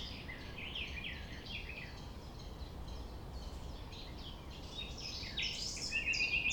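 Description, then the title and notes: Common nightingale singing quick, varied high phrases with chattering repeated notes, other birds overlapping, over a constant low background hum. Sunrise at 6 A.M. near the Thève at Champ de Ménage; nightingale singing without waiting for silence. "Chant De Ménage. 6 A.M. Lever du soleil non loin de la Thève au Champ de Ménage. Le rossignol n'attend pas le silence"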